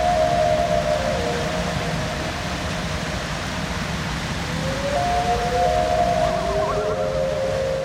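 Loons calling: long, steady, mournful wails held for seconds and overlapping, then a wavering tremolo near the end, with a low rumble and hiss underneath.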